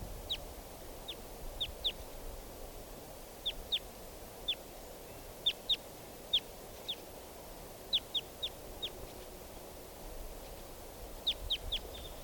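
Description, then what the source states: Red Crossbill (type 2): many crisp descending chips, often in twos and threes at irregular intervals, over a soft constant background hiss. Lone type 2 bird left sitting after a type 4 bird flew off.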